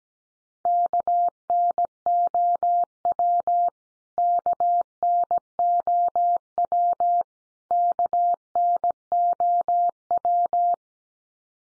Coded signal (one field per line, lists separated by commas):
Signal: Morse code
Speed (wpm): 17 wpm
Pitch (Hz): 700 Hz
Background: none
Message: KNOW KNOW KNOW